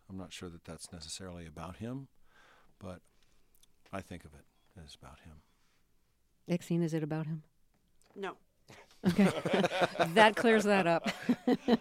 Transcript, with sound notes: I'm not sure that that's necessarily about him, but I think of it as about him.
Exene, is it about him?
No.
(LAUGHTER)
OK. That clears that up.